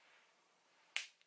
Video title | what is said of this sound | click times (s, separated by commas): Vamp Stamp Vs. Wingliner Eyeliner Stamp (Plus Cat Eye Makeup Tutorial) | make sure you push this really well in place because sometimes it doesn't click | 1.0 s